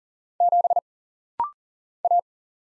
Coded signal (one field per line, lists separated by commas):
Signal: Morse code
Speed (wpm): 40 wpm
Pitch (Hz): 700 Hz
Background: none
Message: 7 A